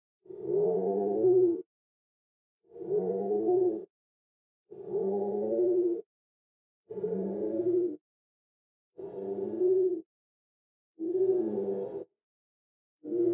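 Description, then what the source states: Crow caws sounding slowed and lowered: seven long, grating, hoarse calls in a steady series about every two seconds, separated by clean silent gaps. Crow call, slowed down.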